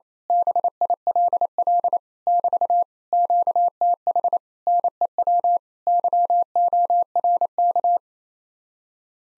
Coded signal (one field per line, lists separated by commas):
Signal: Morse code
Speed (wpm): 27 wpm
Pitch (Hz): 700 Hz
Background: none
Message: BILL <BT> QTH NEW YORK